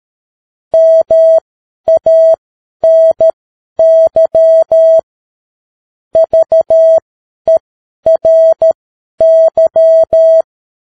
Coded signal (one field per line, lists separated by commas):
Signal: Morse code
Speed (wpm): 13 wpm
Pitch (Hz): 650 Hz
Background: none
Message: MANY VERY